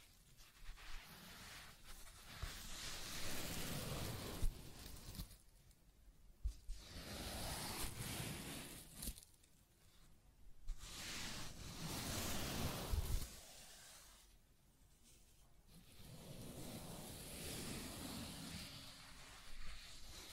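Scratching and tracing sounds come in long, rough strokes of a few seconds each, separated by brief quiet gaps near 5.5, 9.5, 14 and 16 seconds. The scraping is dense and hissy, with occasional sharp ticks and a low rumble underneath.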